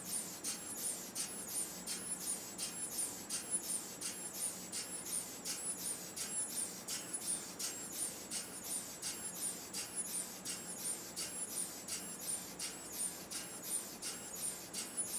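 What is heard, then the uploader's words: A blue dilution refrigerator runs with a steady, regular pulsing: bright, hissy chuffs repeat about every two-thirds of a second throughout, over a constant low hum and faint background whir. Nothing changes in pace or loudness; it sounds indoors. Seeqc Sounds: Blue Dilution Refrigerator.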